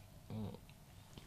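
A brief low, wavering gurgle from an adult's empty stomach after a whole day without eating: ordinary hunger bowel sounds in a quiet room.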